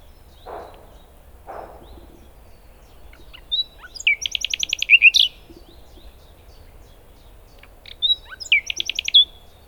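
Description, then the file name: Common nightingale song: two soft low thumps, then quiet notes building into rapid pulsed trills twice, each phrase ending in a sweeping whistle. "Luscinia megarhynchos"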